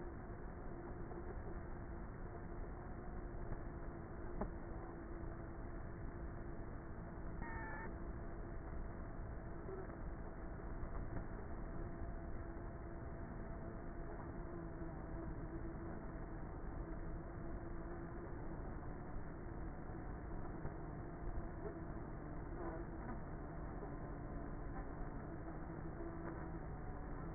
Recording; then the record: honeybee colony, microphone inside the hive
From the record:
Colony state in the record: queenless with a low population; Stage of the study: before two queens were removed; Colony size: about 30,000 bees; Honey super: no